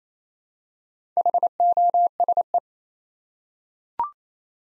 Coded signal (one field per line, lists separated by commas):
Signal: Morse code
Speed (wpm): 27 wpm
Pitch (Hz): 700 Hz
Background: none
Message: HOSE